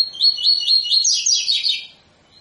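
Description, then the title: Double-collared seedeater delivering a quick run of bright, high repeated notes, ending in a buzzy flourish. Tui-tui style song of a bird with strong vigour, used as a teaching song for young birds. "COLEIRO TUI TUI FIBRA"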